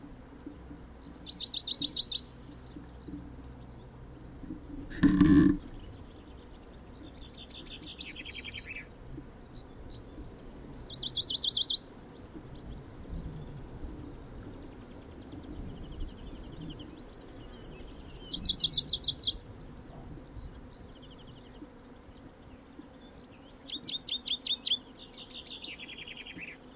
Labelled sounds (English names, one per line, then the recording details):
Western Bonelli's Warbler
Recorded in the wild
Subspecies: bonelli
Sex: male
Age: adult
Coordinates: 36.3667, 2.46667
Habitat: hillside with trees
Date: 1965-06-15 14:45
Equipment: LGS26
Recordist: Jeserich, E